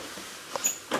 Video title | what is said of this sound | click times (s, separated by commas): Déballage et retour sur le GARMIN TAXC NEO 3M | et puis ça clipse une fois que ça clipse | 0.6 s, 0.7 s